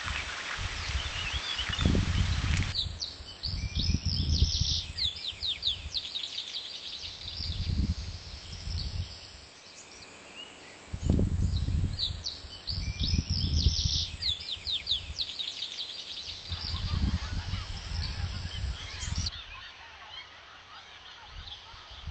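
Outdoors in a park, birds chirp and twitter brightly through most of the stretch, with goose-like honks among them. Low rumbling gusts, like wind buffeting the microphone, surge every few seconds. The chatter thins near the end, leaving quieter background noise.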